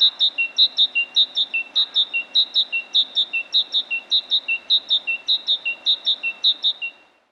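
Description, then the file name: Great tit song: a bright phrase of high and lower notes, repeated steadily about twice a second and stopping shortly before the end. "Parus major"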